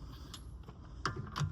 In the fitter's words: so one note is make sure that you push the battery all the way on until you hear it click.